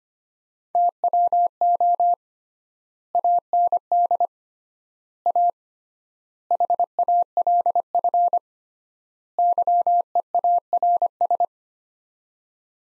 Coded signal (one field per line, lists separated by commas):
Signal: Morse code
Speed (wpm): 25 wpm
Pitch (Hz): 700 Hz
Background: none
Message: TWO AND A HALF YEARS